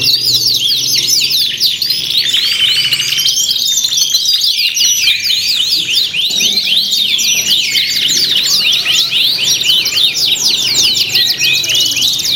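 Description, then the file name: Dense canary singing, sharp high chirps and rapid sweeping trills layered over one another without a break, low background hum faintly present. Simulated canary singing contest with tutor songs mixed in as fill-in material for training birds. "audio simulasi lomba kenari isian. omkicau"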